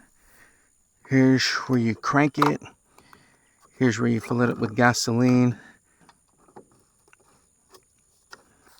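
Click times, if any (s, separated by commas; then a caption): 8.3 s. Someone talks, then screws the gasoline filler cap onto the fuel tank of a walk-behind brush mower. Small handling ticks follow, and the cap's ratchet clicks at 8.3 s, showing it is on tight.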